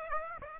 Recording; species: mosquito wingbeat signal from an infrared sensor; Aedes aegypti